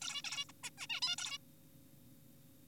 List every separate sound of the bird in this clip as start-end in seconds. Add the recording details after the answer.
0.02-0.22, 0.24-0.45, 0.49-0.52, 0.64-0.70, 0.78-0.87, 0.90-1.00, 1.02-1.16, 1.18-1.38. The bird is an adult. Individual g4p5U